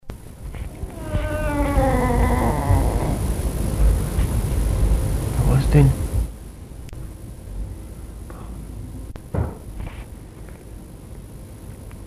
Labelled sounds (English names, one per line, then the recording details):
Clouded Leopard
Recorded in captivity
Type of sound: meow
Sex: male
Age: adult
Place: Tierpark Berlin, Berlin, DE
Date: 1962-01-06 14:00
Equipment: Minifon, Kopie Smaragd
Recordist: Tembrock, Günter
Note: Männchen: Maunzen. Abstand 0,5 m